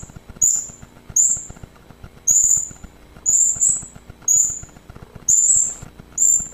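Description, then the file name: Hanging parrot calls: thin, very high squeaks, some notes paired, at uneven intervals over faint clicking noise. "serindit"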